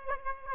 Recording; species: mosquito wingbeat signal from an infrared sensor; Aedes aegypti